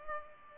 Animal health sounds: mosquito wingbeat signal from an infrared sensor; Culex pipiens

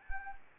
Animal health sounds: mosquito wingbeat signal from an infrared sensor; Anopheles arabiensis

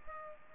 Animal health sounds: mosquito wingbeat signal from an infrared sensor; Culex pipiens

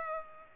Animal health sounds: mosquito wingbeat signal from an infrared sensor; Culex pipiens

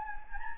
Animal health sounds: mosquito wingbeat signal from an infrared sensor; Anopheles gambiae

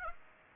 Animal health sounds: mosquito wingbeat signal from an infrared sensor; Aedes aegypti

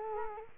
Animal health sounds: mosquito wingbeat signal from an infrared sensor; Culex quinquefasciatus

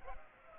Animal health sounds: mosquito wingbeat signal from an infrared sensor; Culex pipiens

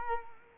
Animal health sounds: mosquito wingbeat signal from an infrared sensor; Culex quinquefasciatus

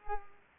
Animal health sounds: mosquito wingbeat signal from an infrared sensor; Culex pipiens

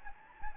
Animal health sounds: mosquito wingbeat signal from an infrared sensor; Anopheles gambiae

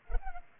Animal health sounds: mosquito wingbeat signal from an infrared sensor; Culex pipiens

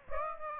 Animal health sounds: mosquito wingbeat signal from an infrared sensor; Aedes aegypti

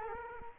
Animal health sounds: mosquito wingbeat signal from an infrared sensor; Culex quinquefasciatus

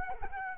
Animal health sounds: mosquito wingbeat signal from an infrared sensor; Culex quinquefasciatus

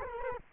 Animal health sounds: mosquito wingbeat signal from an infrared sensor; Culex quinquefasciatus

